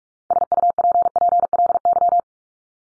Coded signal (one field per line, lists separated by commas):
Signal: Morse code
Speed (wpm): 44 wpm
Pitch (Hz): 700 Hz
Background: none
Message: SUPPLY